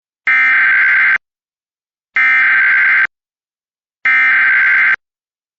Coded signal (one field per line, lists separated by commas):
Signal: Emergency Alert System (SAME) tones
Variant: header bursts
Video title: All the rare EAS alerts i got